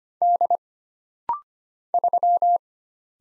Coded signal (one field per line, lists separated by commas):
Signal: Morse code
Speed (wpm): 25 wpm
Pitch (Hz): 700 Hz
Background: none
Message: D 3